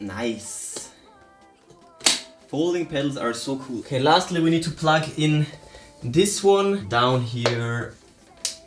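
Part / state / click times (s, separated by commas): electrical cable plug into its mating socket on a folding e-bike / seated / 8.4 s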